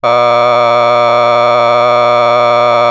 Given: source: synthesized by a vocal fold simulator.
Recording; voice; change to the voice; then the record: sustained vowel; male; vocal strain, level 8 of 10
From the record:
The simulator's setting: 0.78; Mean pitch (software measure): 120 Hz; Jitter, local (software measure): 1.49%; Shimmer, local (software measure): 2.4%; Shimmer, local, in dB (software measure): 0.21 dB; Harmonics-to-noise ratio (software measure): 13.4 dB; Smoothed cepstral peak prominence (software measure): 18.2 dB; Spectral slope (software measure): -13.1 dB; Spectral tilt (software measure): -10.0 dB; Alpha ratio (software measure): -3.6 dB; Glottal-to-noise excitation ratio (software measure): 0.994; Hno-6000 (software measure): 2.0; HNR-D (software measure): 26.4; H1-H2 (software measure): 1.4 dB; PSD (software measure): 1.5e-04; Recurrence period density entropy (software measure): 0.120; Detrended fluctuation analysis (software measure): 0.0294